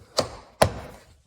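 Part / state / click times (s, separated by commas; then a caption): window switch into door trim panel / seated / 0.2 s, 0.6 s. On a 2010–2015 Lexus RX350 / RX450h front door, the window switch assembly is plugged into its connector, its tabs are lined up, and it is pressed into the plastic door trim panel. Two sharp snaps ring out at 0.2 s and 0.6 s. The switch snaps in and is seated in the panel.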